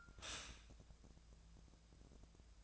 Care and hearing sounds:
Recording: daily activity, microphone in the room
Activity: stop toaster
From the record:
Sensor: 2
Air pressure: 1000.0 hPa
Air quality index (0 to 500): 146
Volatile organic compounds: 2 ppm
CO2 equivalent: 1237 ppm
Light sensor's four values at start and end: 27/67/28/31 and 27/66/28/31

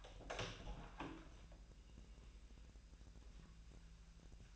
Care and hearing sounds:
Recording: daily activity, microphone in the room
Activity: open door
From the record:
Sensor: 2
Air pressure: 1001.2 hPa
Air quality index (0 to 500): 250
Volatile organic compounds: 92 ppm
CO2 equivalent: 3696 ppm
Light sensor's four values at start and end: 10/24/10/10 and 10/24/10/10

